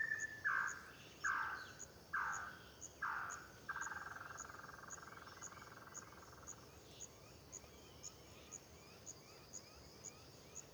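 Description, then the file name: Bird song of several downward-slurred notes about a second apart, then a drawn-out note, with constant high insect pulsing throughout. Cricket-like song recorded in Terra Ronca park at dawn, with crickets and other birds calling. "Passaro canto que parece grilo no parque terra ronca ao amanhecer com grilo e outros passaros"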